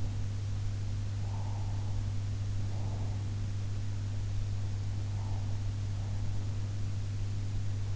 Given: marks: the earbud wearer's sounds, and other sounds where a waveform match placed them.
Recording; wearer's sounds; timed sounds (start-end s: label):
sounds in sleep by an in-ear microphone; breath
1.24-3.23 s: breath